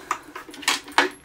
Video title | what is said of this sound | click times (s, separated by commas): KODAK REELZ 8mm & Super 8 Films Digitizer -- Unboxing & First Impressions | these little things lean up such a satisfying click | 1.0 s